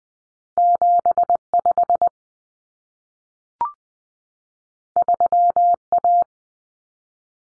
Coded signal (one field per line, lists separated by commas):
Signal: Morse code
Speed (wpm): 20 wpm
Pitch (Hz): 700 Hz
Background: none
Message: 75 3A